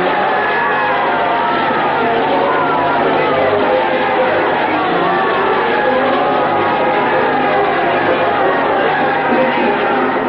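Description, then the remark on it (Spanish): A large boxing crowd roars in a long ovation for a champion who has kept his title, sustained applause and cheering forming a dense, steady wall of clapping, shouts and whoops that holds loud and unbroken for the whole stretch. “Recibe una ovación interminable con la cual el público premia la retención del título por un profesional capaz y digno de lucir la corona del campeón.”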